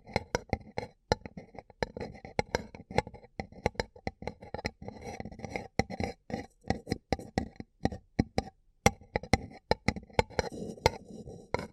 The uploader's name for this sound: Paper Cup Tingles